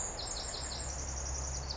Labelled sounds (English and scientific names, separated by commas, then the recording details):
Pacific Wren (Troglodytes pacificus)
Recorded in Sonoma County, California